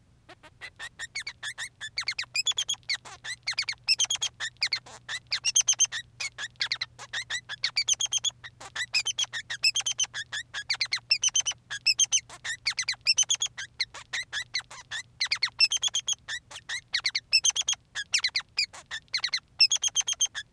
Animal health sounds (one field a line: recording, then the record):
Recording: song of a male Bengalese finch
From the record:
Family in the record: son of father 3